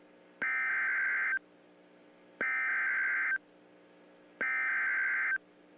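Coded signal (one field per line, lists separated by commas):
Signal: Emergency Alert System (SAME) tones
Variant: header bursts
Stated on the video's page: Fictional EAS scenario.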